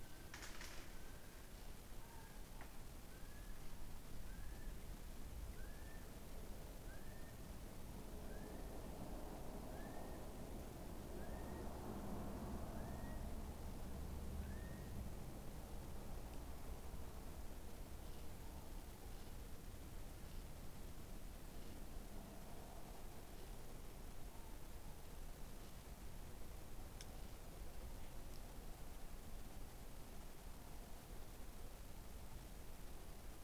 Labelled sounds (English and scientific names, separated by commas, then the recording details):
North Island Brown Kiwi (Apteryx mantelli) male call
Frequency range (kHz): North Island Brown Kiwi (Apteryx mantelli) 0.9-2.9 kHz
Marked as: faintness 4/5
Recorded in New Zealand on 14 December 2015
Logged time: 00:43
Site CG68